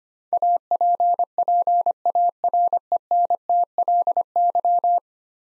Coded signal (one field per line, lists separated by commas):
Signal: Morse code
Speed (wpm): 25 wpm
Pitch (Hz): 700 Hz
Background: none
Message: APPARENTLY